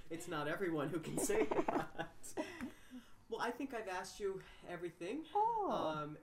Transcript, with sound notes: It's not everyone who can say that. [Laughs] Well I think I've asked you everything.
Ooh.